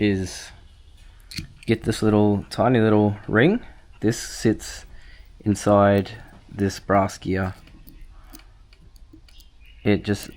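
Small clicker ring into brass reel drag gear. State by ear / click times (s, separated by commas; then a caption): not seated / none. Someone talks while holding a tiny drag clicker ring and lining it up with the brass drag gear of a Shimano Curado DC reel before pressing it in. Only light handling ticks are heard, near 1.3 s and between 7.9 and 9.3 s. Nothing has seated or clicked into place yet.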